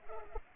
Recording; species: mosquito wingbeat signal from an infrared sensor; Culex pipiens